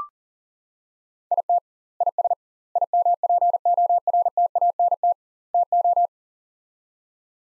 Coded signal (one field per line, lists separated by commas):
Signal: Morse code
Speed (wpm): 40 wpm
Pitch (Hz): 700 Hz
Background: none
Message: IT IS IMPORTANT TO